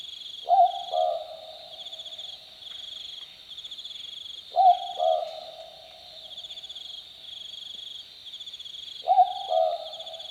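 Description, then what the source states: Southern boobook uttering clear two-note hoots, the second note slightly lower, three times about four seconds apart, against a continuous buzzing insect background. Recorded on a summer night, 17 February 2014, at 22:18:42.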